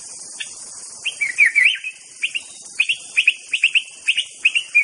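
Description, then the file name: White-rumped Shama song, a rapid run of short rising and falling whistled phrases, repeated in quick succession, over a constant high-pitched insect buzz. Forest-living bird. "suara muraibatu hutan. omkicau"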